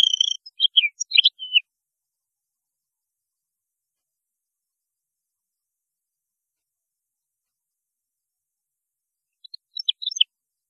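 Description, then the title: European goldfinch twitter: a brisk phrase of high chirps and buzzy notes at the start, long silence, then a faint brief snatch near the end. "Chant Chardonneret"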